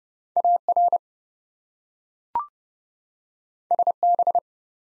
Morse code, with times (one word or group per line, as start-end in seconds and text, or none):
0.4-1.0 AR
3.7-4.4 SB